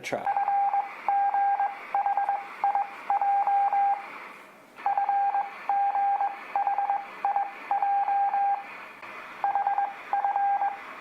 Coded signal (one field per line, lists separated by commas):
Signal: Morse code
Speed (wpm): 20 wpm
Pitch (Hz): 800 Hz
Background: speech, radio noise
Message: FGHIJ FGHIJ HF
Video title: Practice Morse Code With Letters F G H I J for Beginners